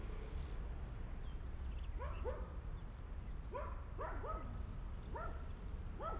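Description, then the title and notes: Dogs give several high, yelping barks in small groups over a continuous low rumble. Dogs crossing a park on Via Irnerio, Bologna, Italy; recorded by students of the Liceo Musicale L. Bassi di Bologna for the ALEarth project. "Via Irnerio, 2/3, 40126 Bologna BO, Italia - Cani. Cani che attraversano il parco. Registrazione raccolta dagli studenti del Liceo Musicale L. Bassi di Bologna, progetto ALEarth"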